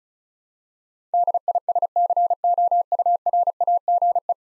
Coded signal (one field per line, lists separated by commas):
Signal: Morse code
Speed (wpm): 36 wpm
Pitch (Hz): 700 Hz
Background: none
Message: DISCOURAGE